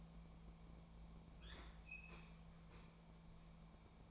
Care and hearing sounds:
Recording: daily activity, microphone in the room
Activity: open fridge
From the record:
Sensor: 1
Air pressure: 1000.1 hPa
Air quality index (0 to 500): 135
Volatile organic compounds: 2 ppm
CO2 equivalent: 1275 ppm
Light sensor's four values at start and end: 38/95/40/49 and 37/94/40/49

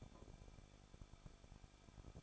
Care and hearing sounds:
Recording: daily activity, microphone in the room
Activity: no activity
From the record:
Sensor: 5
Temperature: 20.8 degrees Celsius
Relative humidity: 38.4%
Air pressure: 1006.5 hPa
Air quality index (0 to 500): 190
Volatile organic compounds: 19 ppm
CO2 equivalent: 2670 ppm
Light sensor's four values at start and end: 2/3/1/1 and 2/3/1/1

